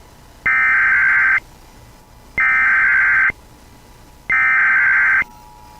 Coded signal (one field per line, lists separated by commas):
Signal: Emergency Alert System (SAME) tones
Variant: header bursts